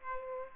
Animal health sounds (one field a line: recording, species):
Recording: mosquito wingbeat signal from an infrared sensor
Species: Aedes aegypti